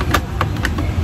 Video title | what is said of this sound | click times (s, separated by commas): SHOE BOX ASSEMBLE I ORDER FROM SHOPEE #shoebox #assemble | Nag-lock na yung iba. Hindi pa na lahat. | 0.4 s, 0.7 s